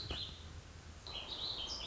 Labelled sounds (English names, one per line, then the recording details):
Warbling Vireo
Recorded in Sonoma County, California